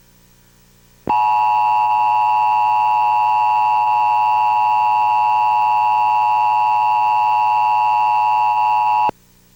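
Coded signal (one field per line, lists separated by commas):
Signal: Emergency Alert System (SAME) tones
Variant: 853 and 960 Hz attention tone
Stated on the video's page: Emergency alert tones went off during a test showing of a television programme.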